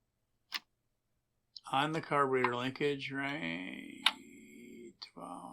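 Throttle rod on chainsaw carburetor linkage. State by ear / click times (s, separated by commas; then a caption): not seated / none. Someone talks while a throttle rod is being worked onto the carburetor linkage of a Husqvarna 460 chainsaw, with a few brief sharp ticks from the handling. The rod has not seated or clicked into place yet.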